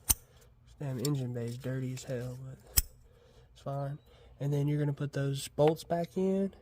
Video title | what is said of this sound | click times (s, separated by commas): How to change the sparkplugs in a 2013 Mazda 3 in 15 minutes or less. #automobile | So you hear that click. | 0.1 s